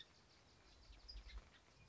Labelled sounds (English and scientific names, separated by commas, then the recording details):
Song Sparrow (Melospiza melodia)
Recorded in Sonoma County, California